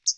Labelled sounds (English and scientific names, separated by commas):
Hooded Warbler (Setophaga citrina) flight call